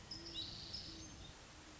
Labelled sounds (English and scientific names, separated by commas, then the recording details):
Great Horned Owl (Bubo virginianus)
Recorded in Sonoma County, California